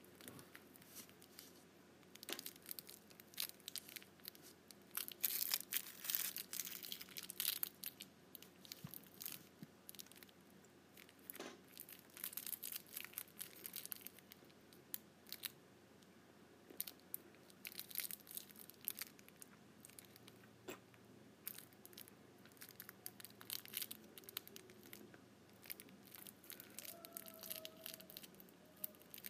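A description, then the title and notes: Candy wrappers crinkle and crunch in dense, irregular bursts of bright crackling, busiest around five to eight seconds and thinning later into scattered snaps and rustles. A low steady hum runs underneath, and a few faint tonal squeaks appear near the end. ASMR Candy Wrappers.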